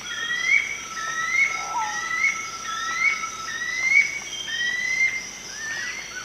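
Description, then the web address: Spotted puffbird duet: two birds trade rising whistles, one higher and one lower, repeated about once a second against an insect drone. Duet; eastern lowlands of South America. "Natures Songs S America Eastern Lowlands Bucco tamatia, duet"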